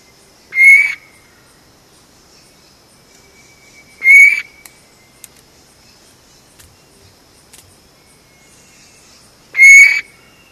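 Vogelkop bowerbird repeating a loud, short, sharp note three times at uneven gaps of several seconds, with quiet surroundings between calls.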